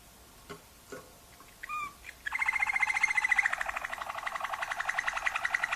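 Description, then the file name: Waterslager canary song: a few soft clicks and one whistled note, then a long rapid rolling trill that continues to the end. Waterslager canary song variations. "kenari waterslager variasi omkicau"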